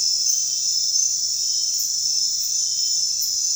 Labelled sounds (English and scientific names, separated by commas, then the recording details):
none
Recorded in secondary vegetation near Puerto Asís, Putumayo, Colombia, on 24 June 2025 at 00:30
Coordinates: 0.498, -76.327
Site GP09